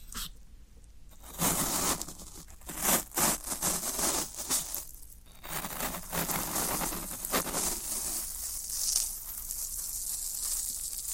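Floral foam is crushed and scraped in bursts of dry crunching and crumbling, with short pauses near one and five seconds, then steadier grinding.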